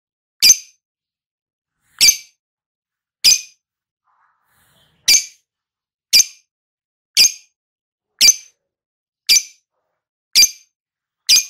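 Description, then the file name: Lovebird giving sharp, high chips about once a second, each a brief bright burst, with silence between them. Lovebird singing in the ngekek style, a long chattering trill, described as auto gacor. "suara burung lovebird ngekek auto gacor"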